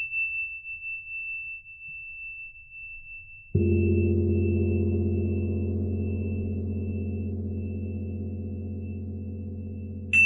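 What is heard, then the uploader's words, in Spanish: Tibetan singing bowls: a thin, high ringing tone hangs faintly through the whole clip over a soft low murmur. At about three and a half seconds a deep bowl is struck, its low, layered hum swelling and sustaining with a slow fade, before a brief bright tap right at the end. Cuencos Tibetanos.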